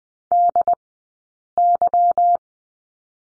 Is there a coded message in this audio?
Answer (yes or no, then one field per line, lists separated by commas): yes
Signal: Morse code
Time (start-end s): 0.3-2.4 s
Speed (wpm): 20 wpm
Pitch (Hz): 700 Hz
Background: none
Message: DY